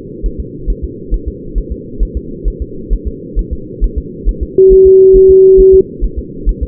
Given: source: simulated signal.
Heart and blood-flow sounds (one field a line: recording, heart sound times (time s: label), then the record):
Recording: fetal heart sounds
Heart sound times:
0.26 s: S1
0.40 s: S2
0.70 s: S1
0.84 s: S2
1.14 s: S1
1.28 s: S2
1.58 s: S1
1.72 s: S2
2.03 s: S1
2.17 s: S2
2.48 s: S1
2.62 s: S2
2.93 s: S1
3.07 s: S2
3.39 s: S1
3.53 s: S2
3.84 s: S1
3.98 s: S2
4.29 s: S1
4.43 s: S2
4.73 s: S1
4.87 s: S2
5.16 s: S1
5.30 s: S2
5.60 s: S1
5.74 s: S2
6.04 s: S1
6.19 s: S2
6.49 s: S1
6.63 s: S2
From the record:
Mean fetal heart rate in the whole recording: 135 bpm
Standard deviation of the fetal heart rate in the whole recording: 3 bpm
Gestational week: 36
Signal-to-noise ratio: -4.3 dB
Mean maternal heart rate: 72 bpm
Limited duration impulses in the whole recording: present